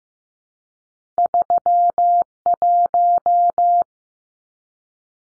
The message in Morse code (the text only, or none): 31